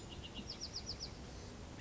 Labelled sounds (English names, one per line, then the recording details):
Bewick's Wren
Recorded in Sonoma County, California